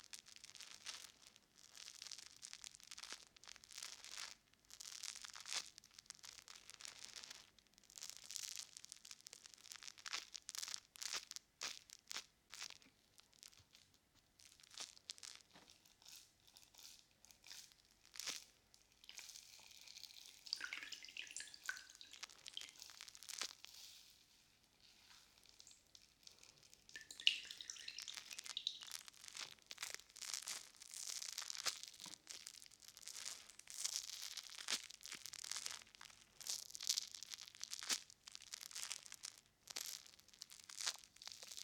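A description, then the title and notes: Water, soap and a sponge, heard as a constant, dense crackle of wet squelching and fizzing, mostly bright and hissy with little low end. Scrubbing strokes come in quick irregular bursts, ease off and turn sparser around 20 to 25 seconds, then pick up again. ASMR Binaural Sounds Water Soap Sponge.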